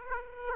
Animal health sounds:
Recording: mosquito wingbeat signal from an infrared sensor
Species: Aedes aegypti

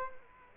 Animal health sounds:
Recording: mosquito wingbeat signal from an infrared sensor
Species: Culex quinquefasciatus

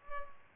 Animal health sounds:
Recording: mosquito wingbeat signal from an infrared sensor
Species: Culex pipiens

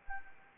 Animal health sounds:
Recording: mosquito wingbeat signal from an infrared sensor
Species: Anopheles gambiae

